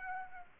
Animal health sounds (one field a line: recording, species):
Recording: mosquito wingbeat signal from an infrared sensor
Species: Aedes aegypti